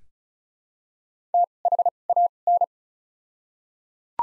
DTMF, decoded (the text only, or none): none